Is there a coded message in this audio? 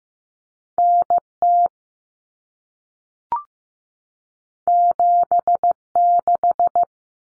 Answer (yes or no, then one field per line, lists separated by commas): yes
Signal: Morse code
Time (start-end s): 0.8-6.8 s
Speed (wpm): 15 wpm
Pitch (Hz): 700 Hz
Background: none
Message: NT 76